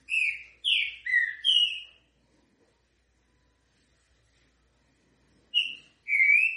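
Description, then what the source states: Green-winged Saltator singing four quick, full whistled notes, falling and rising. A long pause follows, then two more whistles close the passage. Song style called 'canto grego mole com boi'; voice number 08.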